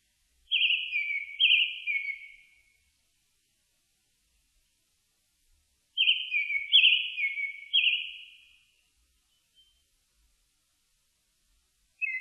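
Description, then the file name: Japanese thrush song: two clear whistled phrases of quick warbling notes, each lasting two to three seconds and spaced roughly five seconds apart, with another phrase starting at the end. Recorded on 4 May 2001. "010504 kurotugumi"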